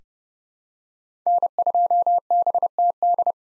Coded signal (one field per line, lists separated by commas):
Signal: Morse code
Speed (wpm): 30 wpm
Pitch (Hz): 700 Hz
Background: none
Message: N2BTD